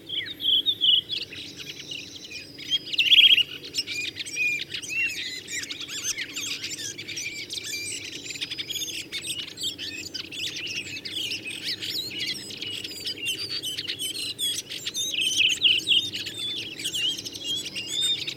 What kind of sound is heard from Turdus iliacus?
song